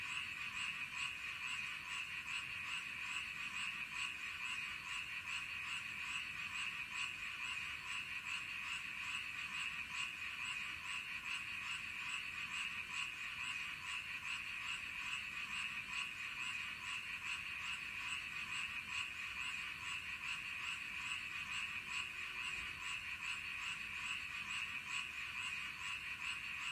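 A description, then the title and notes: Toads trill in a dense, unbroken chorus that holds steady for the whole time, a bright buzzing band with rapid regular pulses running through it. The calls sound overlapping, with only a faint low rumble underneath. ASMR Toads.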